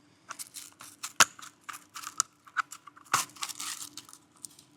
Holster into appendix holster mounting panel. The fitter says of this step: you should get a nice click.